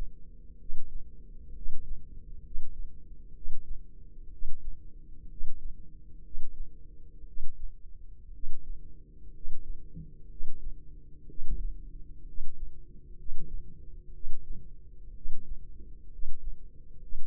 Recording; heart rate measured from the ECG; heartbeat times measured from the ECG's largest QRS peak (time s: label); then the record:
heart sounds by microphone in the left ear; 62 bpm
0.59 s: heartbeat
1.55 s: heartbeat
2.44 s: heartbeat
3.35 s: heartbeat
4.32 s: heartbeat
5.30 s: heartbeat
6.24 s: heartbeat
7.27 s: heartbeat
8.33 s: heartbeat
9.34 s: heartbeat
10.30 s: heartbeat
11.28 s: heartbeat
12.27 s: heartbeat
13.18 s: heartbeat
14.14 s: heartbeat
15.15 s: heartbeat
16.12 s: heartbeat
17.01 s: heartbeat
From the record:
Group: healthy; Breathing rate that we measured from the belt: 17 breaths a minute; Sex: male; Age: 30 years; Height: 188 cm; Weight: 110.2 kg